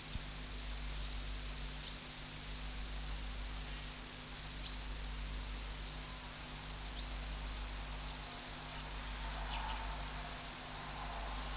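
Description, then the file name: Long-winged conehead song: a thin, very high continuous hiss running unbroken throughout, with a steady low electrical hum underneath and a few faint ticks. "Conocephalus discolor"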